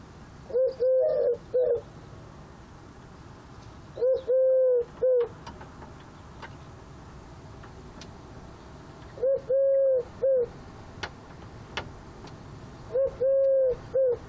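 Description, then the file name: Eurasian collared dove cooing a three-part phrase, brief note, drawn-out middle note, brief end, given four times at uneven intervals over a soft background hiss. "Tourterelle Turque Eurasian Collared Dove Chant"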